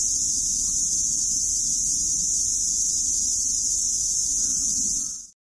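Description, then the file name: Cicada song: a continuous shrill, hissing drone at constant pitch and loudness, cutting off just before the end. "Cikady"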